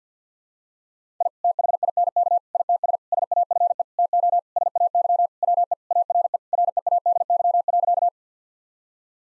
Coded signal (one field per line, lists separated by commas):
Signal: Morse code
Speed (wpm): 50 wpm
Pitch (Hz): 700 Hz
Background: none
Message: I THINK ITS SAFE TO SAY WE ARE READY.